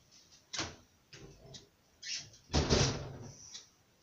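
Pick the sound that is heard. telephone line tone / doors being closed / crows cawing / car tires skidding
doors being closed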